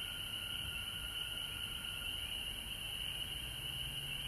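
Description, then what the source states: Frog chorus, a dense, unbroken high-pitched trilling drone with a second steady lower tone, holding evenly throughout. Frogs recorded at home in Georgia on March 19, 2020.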